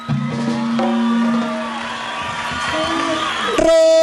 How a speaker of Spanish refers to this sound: Los aplausos.